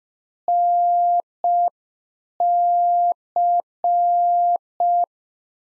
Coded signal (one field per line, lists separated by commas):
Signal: Morse code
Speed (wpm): 5 wpm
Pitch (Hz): 700 Hz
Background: none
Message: NC